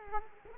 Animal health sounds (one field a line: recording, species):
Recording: mosquito wingbeat signal from an infrared sensor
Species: Culex quinquefasciatus